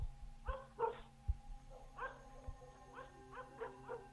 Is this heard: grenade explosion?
no